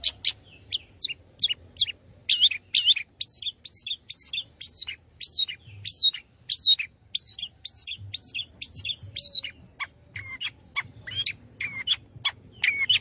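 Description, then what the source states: Long-tailed shrike singing busily, quick repeated high whistled notes and scratchy chips in varied phrases, faint low hum behind. Long-tailed shrike singing lively, in the style called gacor.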